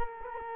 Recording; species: mosquito wingbeat signal from an infrared sensor; Culex quinquefasciatus